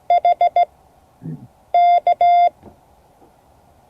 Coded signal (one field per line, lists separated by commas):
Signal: Morse code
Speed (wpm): 16 wpm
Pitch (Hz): 700 Hz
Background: none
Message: HK